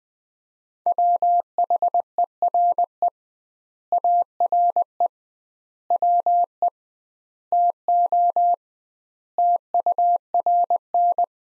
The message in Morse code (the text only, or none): WHERE ARE WE TO TURN